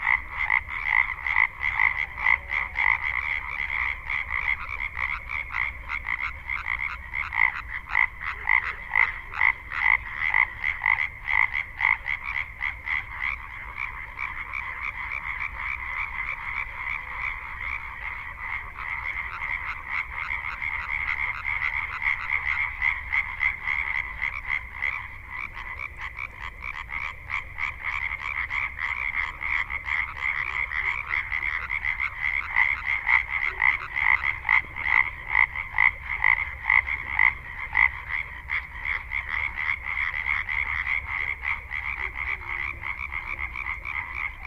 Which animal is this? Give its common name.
Common Tree Frog